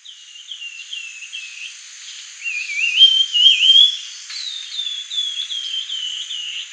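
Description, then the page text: Grey-headed babbler song: series of short wavering whistled notes, then a louder warbling rising-and-falling whistle and more dipping phrases, over a steady high hiss. "Grey-Headed Babbler Song and Calls. Quick Sounds"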